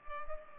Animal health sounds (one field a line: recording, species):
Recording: mosquito wingbeat signal from an infrared sensor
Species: Culex pipiens